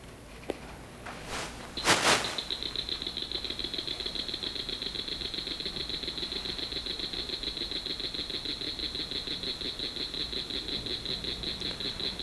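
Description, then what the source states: Northern cricket frog call: a long, rapid series of crisp, metallic clicks, preceded by a couple of loud knocks. Call changes in tempo: starts slow, increases in rate, then slows back down; metallic, crisp and clear; favours emergent wetlands with little shade.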